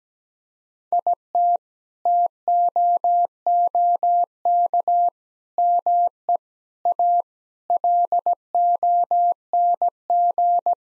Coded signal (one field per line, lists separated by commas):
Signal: Morse code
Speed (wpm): 17 wpm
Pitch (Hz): 700 Hz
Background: none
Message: IT TOOK ME A LONG